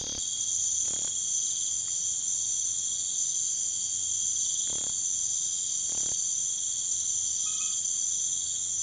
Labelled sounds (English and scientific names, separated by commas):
none